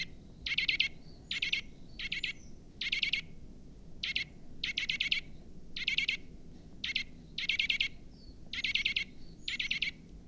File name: Sitta europaea